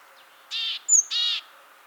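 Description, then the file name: Great tit calls: two harsh buzzy churrs with a sharp high whistled note between them. "Parus major"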